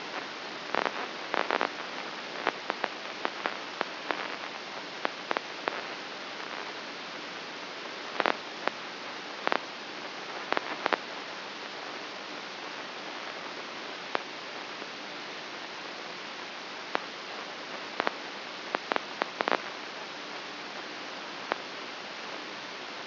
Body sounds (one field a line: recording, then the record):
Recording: brain microelectrode recording played as sound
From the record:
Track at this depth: inside the subthalamic nucleus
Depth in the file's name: 3.04 mm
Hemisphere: right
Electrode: 2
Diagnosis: Parkinson's disease